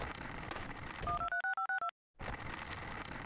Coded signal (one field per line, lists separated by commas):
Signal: DTMF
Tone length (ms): 110 ms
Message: 1236562